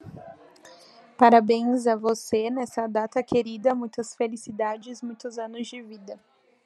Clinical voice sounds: short text; Brazilian Portuguese; female; 20 to 29 years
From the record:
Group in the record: control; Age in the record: 24 years

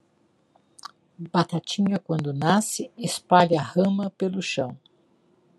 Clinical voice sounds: short text; Brazilian Portuguese; female; 50 to 59 years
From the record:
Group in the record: control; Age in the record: 59 years

